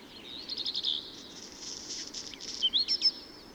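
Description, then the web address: Black redstart song, fainter against background hiss: high rattling notes, a scratchy buzzy passage, then sharp descending whistled notes near the end. Recorded in Valsolda. "cibra valsolda. Codirosso spazzacamino"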